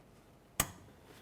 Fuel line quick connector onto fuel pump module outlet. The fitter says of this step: Once you got a click, go ahead and give it a tug.